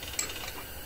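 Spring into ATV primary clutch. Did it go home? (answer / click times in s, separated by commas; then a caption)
yes / 0.2 s. A new metal clutch spring is fitted into the primary clutch of a Polaris Scrambler XP 1000 S ATV. It pops right into place with a short, sharp metallic hit at 0.2 s, and the spring is seated.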